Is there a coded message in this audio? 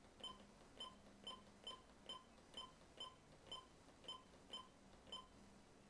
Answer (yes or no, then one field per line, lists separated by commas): no